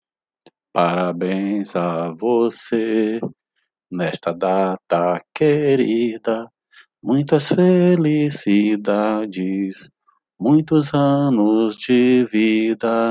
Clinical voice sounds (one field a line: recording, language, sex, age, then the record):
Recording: short text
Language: Brazilian Portuguese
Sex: male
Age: 50 to 59 years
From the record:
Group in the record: control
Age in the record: 52 years